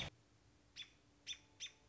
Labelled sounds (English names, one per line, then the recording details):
American Robin
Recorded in Sonoma County, California